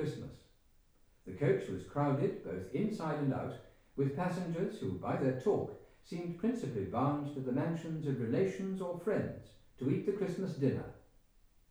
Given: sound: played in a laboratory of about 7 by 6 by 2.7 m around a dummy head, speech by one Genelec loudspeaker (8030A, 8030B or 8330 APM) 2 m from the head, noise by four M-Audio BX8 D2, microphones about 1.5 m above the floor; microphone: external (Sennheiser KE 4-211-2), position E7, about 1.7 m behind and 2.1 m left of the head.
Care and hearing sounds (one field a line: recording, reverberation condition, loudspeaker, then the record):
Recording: male speech in English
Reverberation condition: medium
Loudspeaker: behind (180 degrees)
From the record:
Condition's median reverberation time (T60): about 510 ms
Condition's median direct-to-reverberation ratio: about -0.5 dB